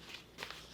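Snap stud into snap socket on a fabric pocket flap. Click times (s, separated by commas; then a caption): 0.4 s, 0.5 s. A freshly pressed metal snap stud is pushed into its snap socket on the flap of a fabric pouch pocket for the first time to test it. Two short, sharp snaps sound at 0.4 s and 0.5 s, and the fastener seats closed, lined up.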